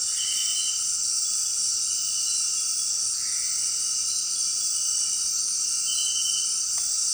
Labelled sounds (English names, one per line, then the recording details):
none
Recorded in dense forest near Puerto Asís, Putumayo, Colombia, on 18 February 2024 at 18:30
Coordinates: 0.466, -76.327
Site G6413